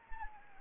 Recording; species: mosquito wingbeat signal from an infrared sensor; Anopheles arabiensis